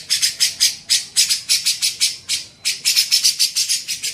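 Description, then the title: Grey-cheeked bulbul giving harsh, buzzy chattering notes in quick runs, with a short pause near the middle before the series resumes. "CUCAK JENGGOT"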